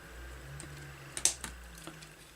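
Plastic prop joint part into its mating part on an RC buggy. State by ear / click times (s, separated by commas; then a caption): seated / 1.2 s. A plastic prop joint part from the drivetrain of a Tamiya Avante 2011 RC buggy, its molding flash scraped flat with a knife because it would not seat on either side, is pushed into its mating part. A few small ticks lead up to a sharp click at 1.2 s. It seats, still a tight fit.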